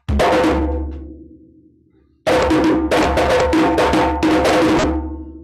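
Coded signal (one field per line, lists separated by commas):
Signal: talking drum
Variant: Wolof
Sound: one ringing hand-drum stroke, a pause, then a quick run of about eight sharp strokes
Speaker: if i were to say you know how are you you would say man magnificent so death manifest so negative is how are you manifest is a magnificent i'm fine you see the shark i can play it sharp and that would mimic more of their sounds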